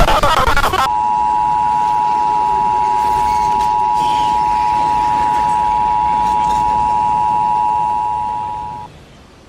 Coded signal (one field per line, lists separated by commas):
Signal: Emergency Alert System (SAME) tones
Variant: 853 and 960 Hz attention tone